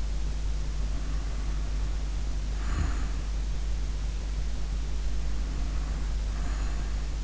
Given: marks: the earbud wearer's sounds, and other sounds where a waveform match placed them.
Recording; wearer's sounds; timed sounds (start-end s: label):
sounds in sleep by an in-ear microphone; breath
0.73-3.10 s: breath
5.25-7.24 s: breath